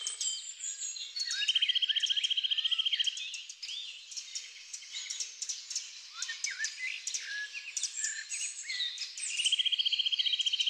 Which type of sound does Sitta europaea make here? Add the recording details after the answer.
song. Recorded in the wild. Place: Lilienhof / Kaiserstuhl, Baden-Württemberg, DE. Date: 2000-03-24. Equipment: MiniDisc Sharp MT 20 H. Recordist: Schwarz, Dieter. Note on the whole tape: Song